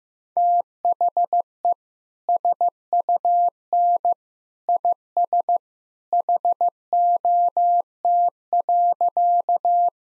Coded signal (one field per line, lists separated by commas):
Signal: Morse code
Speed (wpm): 15 wpm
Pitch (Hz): 700 Hz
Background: none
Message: THE SUN IS HOT.